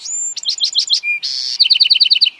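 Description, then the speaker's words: Bewick's Wren song: a high thin whistle, a series of buzzy notes, a brief low whistle and a harsh buzz, then a fast ringing trill of about eight notes. Sweet-singing wren resident across much of the western United States and locally in the east. "the Buick's wren, for example, a sweet-singing wren residing throughout much of the western U.S. and locally in the east."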